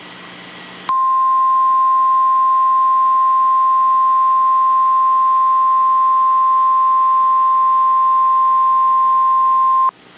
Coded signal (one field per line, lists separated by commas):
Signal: Emergency Alert System (SAME) tones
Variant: 1050 Hz attention tone